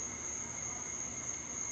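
Cricket trilling, a steady, high-pitched continuous tone held unbroken throughout.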